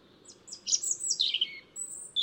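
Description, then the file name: European robin uttering a quick, high tinkling phrase of jumbled notes that slide downward, then a brief very high thin whistle and a closing note. "Erithacus rubecula"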